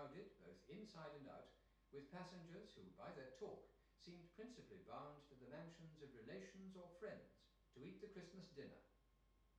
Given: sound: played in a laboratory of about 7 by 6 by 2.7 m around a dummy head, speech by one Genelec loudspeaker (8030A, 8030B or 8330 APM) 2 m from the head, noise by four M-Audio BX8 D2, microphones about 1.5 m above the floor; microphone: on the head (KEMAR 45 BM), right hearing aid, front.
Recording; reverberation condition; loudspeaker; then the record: male speech in English; medium; 150 degrees to the left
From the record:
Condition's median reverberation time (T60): about 510 ms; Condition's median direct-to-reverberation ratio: about -0.5 dB